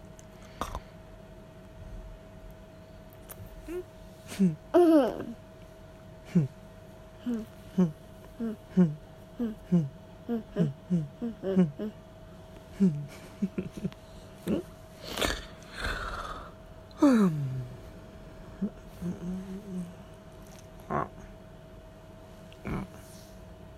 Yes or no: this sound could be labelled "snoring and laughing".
yes